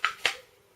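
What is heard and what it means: A polymer AR15 handguard half is rocked into the front handguard cap and delta ring of the rifle, giving two sharp clicks at 0.1 s and 0.3 s. It rocks into place; the delta ring is pulled down later to pop it fully home.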